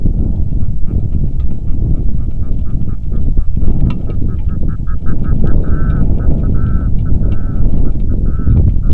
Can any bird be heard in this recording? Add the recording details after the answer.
yes. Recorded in the Arctic National Wildlife Refuge, Alaska, on 3 August 2019 at 09:03. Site 46